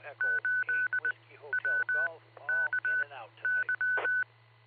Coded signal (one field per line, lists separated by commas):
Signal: Morse code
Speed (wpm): 20 wpm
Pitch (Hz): 1500 Hz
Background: speech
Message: 8WKY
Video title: Beacon net hosted by Silvercreek Amateur Radio Assoc. 147.39+ 114.8 PL 10:00PM, 9-13-23